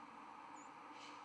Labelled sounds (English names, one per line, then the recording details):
White-throated Sparrow flight call
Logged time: 03:32 on 11 November 2014